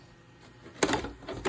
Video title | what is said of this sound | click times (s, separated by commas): Brother Printer DCP-T720DW Scanner and Body Disassembly #printer #diy #how | Kaya siya oh. Kaya siya sikapikas, nakalock na siya. | 0.8 s